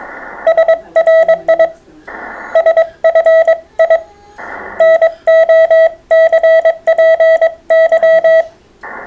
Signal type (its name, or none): Morse code